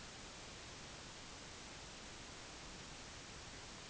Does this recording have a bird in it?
no